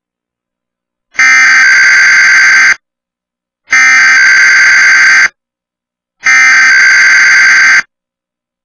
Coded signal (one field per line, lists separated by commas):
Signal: Emergency Alert System (SAME) tones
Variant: header bursts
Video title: TWC TV App Annoying EAS Weekly Test Glitch